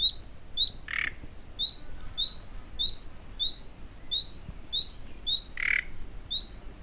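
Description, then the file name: Common nightingale repeating short high whistles at a steady pace, interrupted twice by a harsh rasp. "Luscinia megarhynchos"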